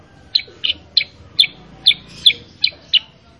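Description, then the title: Sooty-headed bulbul chirps: eight short, bright notes in an unhurried series. Master (training) recording of a kutilang sutra in vigorous 'gacor' song, played so that other kept kutilang sutra answer and sing along. "Masteran Kutilang Sutra. Kutilang Sutra mana YANG GAK NYAUT dan IKUT BUNYI GACOR dengan suara Kutilang Sutra Super GACOR Ini"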